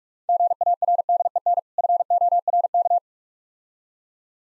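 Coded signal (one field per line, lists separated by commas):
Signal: Morse code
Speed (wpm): 50 wpm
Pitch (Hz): 700 Hz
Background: none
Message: GARDEN FORK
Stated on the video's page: Morse code practice of difficult words at 45 wpm, with contextual hints.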